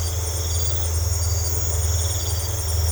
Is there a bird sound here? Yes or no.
no